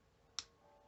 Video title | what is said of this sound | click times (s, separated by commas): Fixing misfire issues in a WE18C Airsoft pistol | hear that snap into place, and | 0.4 s